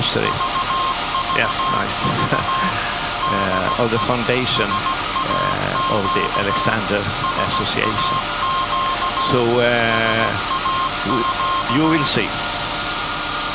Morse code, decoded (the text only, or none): VVV DE SAQ SAQ SAQ